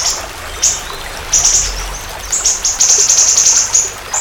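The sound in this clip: Siri-siri bird giving scattered high chirps that build into a rapid, buzzy burst of notes toward the end.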